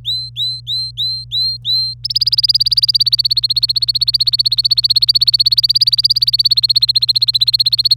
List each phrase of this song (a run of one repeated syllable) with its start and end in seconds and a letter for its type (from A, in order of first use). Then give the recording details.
0.05-1.94 A, 2.04-7.95 B. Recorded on 25 April 2018 at 16:38. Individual llb3